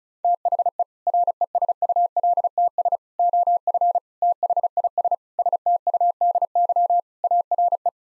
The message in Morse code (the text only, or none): THE RESULTS OF THIS STUDY ARE